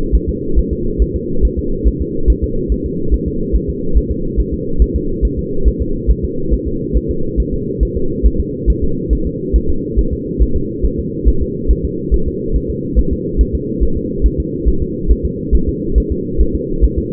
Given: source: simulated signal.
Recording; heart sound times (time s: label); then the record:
fetal heart sounds
0.15 s: S1
0.29 s: S2
0.59 s: S1
0.73 s: S2
1.02 s: S1
1.16 s: S2
1.45 s: S1
1.59 s: S2
1.88 s: S1
2.02 s: S2
2.30 s: S1
2.44 s: S2
2.72 s: S1
2.86 s: S2
3.14 s: S1
3.28 s: S2
3.55 s: S1
3.69 s: S2
3.97 s: S1
4.11 s: S2
4.40 s: S1
4.54 s: S2
4.82 s: S1
4.96 s: S2
5.25 s: S1
5.39 s: S2
5.68 s: S1
5.82 s: S2
6.11 s: S1
6.25 s: S2
6.54 s: S1
6.68 s: S2
6.97 s: S1
7.11 s: S2
7.40 s: S1
7.54 s: S2
7.83 s: S1
7.97 s: S2
8.26 s: S1
8.40 s: S2
8.70 s: S1
8.84 s: S2
9.13 s: S1
9.27 s: S2
9.56 s: S1
9.70 s: S2
9.99 s: S1
10.13 s: S2
10.42 s: S1
10.56 s: S2
10.85 s: S1
10.99 s: S2
11.28 s: S1
11.42 s: S2
11.71 s: S1
11.85 s: S2
12.14 s: S1
12.28 s: S2
12.56 s: S1
12.70 s: S2
12.99 s: S1
13.13 s: S2
13.41 s: S1
13.55 s: S2
13.83 s: S1
13.97 s: S2
14.26 s: S1
14.40 s: S2
14.69 s: S1
14.82 s: S2
15.11 s: S1
15.25 s: S2
15.55 s: S1
15.69 s: S2
15.98 s: S1
16.12 s: S2
16.41 s: S1
16.55 s: S2
16.84 s: S1
16.98 s: S2
From the record:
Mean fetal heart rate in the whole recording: 140 bpm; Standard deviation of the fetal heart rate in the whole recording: 2 bpm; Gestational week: 34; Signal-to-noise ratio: -8.1 dB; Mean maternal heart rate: 72 bpm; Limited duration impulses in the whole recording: absent